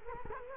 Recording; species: mosquito wingbeat signal from an infrared sensor; Culex quinquefasciatus